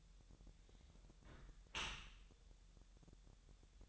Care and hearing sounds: daily activity, microphone in the room; close dishwasher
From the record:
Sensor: 3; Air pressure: 1000.6 hPa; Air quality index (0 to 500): 248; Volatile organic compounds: 174 ppm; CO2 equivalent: 4121 ppm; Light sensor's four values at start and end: 11/26/10/10 and 11/26/10/10

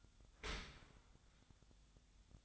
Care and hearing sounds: daily activity, microphone in the room; open dishwasher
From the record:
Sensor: 3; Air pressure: 1004.6 hPa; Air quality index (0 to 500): 109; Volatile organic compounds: 5 ppm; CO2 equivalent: 1708 ppm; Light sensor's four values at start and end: 7/17/7/6 and 7/17/7/6

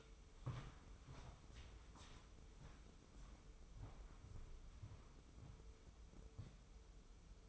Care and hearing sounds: daily activity, microphone in the room; walk to room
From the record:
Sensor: 1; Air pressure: 995.6 hPa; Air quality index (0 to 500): 36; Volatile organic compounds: 1 ppm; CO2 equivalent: 616 ppm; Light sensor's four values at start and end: 30/102/39/41 and 30/106/40/42

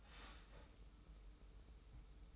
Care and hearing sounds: daily activity, microphone in the room; start toaster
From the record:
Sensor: 1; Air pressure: 990.8 hPa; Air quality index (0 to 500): 143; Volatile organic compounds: 842 ppm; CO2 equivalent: 5164 ppm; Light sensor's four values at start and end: 21/50/21/23 and 21/50/21/23

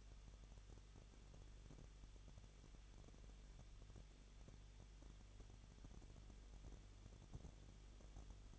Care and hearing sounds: daily activity, microphone in the room; no activity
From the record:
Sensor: 4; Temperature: 23.0 degrees Celsius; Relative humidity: 34.3%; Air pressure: 1007.2 hPa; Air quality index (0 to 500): 217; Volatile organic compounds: 15 ppm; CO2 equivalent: 2513 ppm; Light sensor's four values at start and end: 2/3/1/1 and 2/3/1/1

